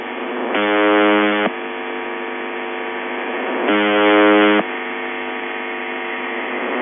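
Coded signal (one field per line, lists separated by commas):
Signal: channel marker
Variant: UVB-76 (The Buzzer)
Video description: Clean sample of The Buzzer UVB-76 or S28 Russian channel marker 4625 kHz, believed to be part of the Western Military District HF network.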